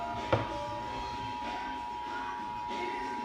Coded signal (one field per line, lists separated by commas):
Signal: Emergency Alert System (SAME) tones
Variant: 853 and 960 Hz attention tone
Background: music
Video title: EAS #54 Required Monthly Test